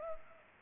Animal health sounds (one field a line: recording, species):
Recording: mosquito wingbeat signal from an infrared sensor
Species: Culex pipiens